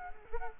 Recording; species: mosquito wingbeat signal from an infrared sensor; Culex quinquefasciatus